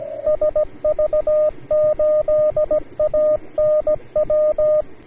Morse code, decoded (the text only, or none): SV8ANW